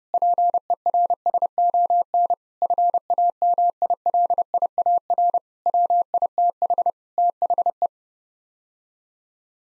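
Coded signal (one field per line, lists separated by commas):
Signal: Morse code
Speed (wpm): 31 wpm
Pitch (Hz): 700 Hz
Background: none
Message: PERSON FAMILIAR WITH THE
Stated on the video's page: Morse head-copy drill of seven-word common phrases at 30 wpm, each set sent, spoken, then sent again.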